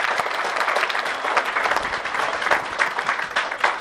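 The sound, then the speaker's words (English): An audience at an evening gathering claps for themselves, producing a dense, continuous wash of overlapping hand claps at a fairly loud, even level with no voices breaking through. “Give yourself a big round of applause for being here tonight.”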